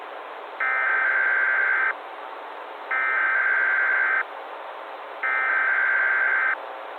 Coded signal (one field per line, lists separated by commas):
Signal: Emergency Alert System (SAME) tones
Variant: header bursts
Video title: EAS Scenario/Analog & Digital Horror - Sun Explosion